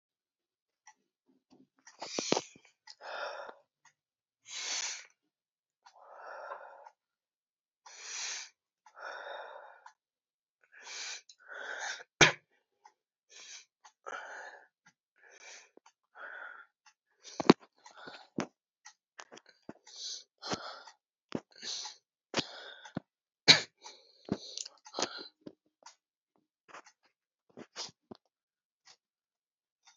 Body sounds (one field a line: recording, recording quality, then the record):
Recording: deep breathing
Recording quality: excellent, no background noise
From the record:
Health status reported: healthy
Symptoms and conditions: cough, sore throat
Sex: male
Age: 26 years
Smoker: not ticked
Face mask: not worn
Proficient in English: yes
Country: India